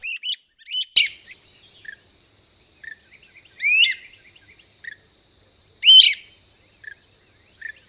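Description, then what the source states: Great crested flycatcher calling, loud rising whistled wheep notes about every two to three seconds, with softer short chirps between them. Recorded 5 June 2008.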